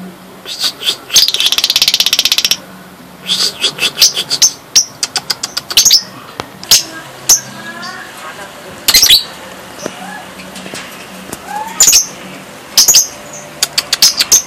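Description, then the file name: Lovebird long chattering song: dense, rapid buzzy rattles and sharp high chips in uneven bursts, with short pauses, over a low hum. Champion bird of a national lovebird singing contest. "Suara Lovebird Juara Lomba Nasional Si Gempol"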